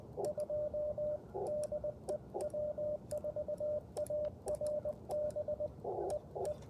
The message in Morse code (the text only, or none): 2 DE W4ARB EE